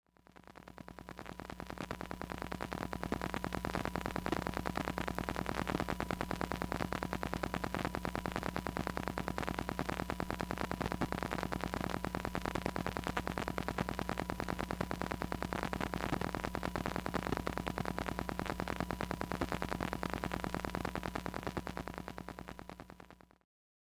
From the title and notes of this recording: Induction Coil Sounds. I recently got an induction coil pick-up to record the sounds of electronics.